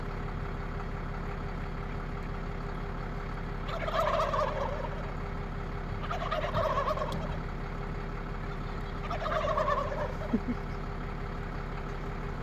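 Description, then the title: Wild Turkey gobbles, three rolling, throaty rattling bursts a few seconds apart, over a constant low rumble. Springtime; male toms out strutting and gobbling. "The Turkeys Are Out And About"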